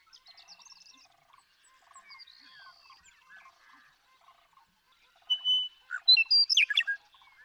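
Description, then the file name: Western meadowlark song: soft scattered high chips and whistles, then a loud gurgling, flutelike phrase of rapid warbled notes near the end. "Western Meadowlark"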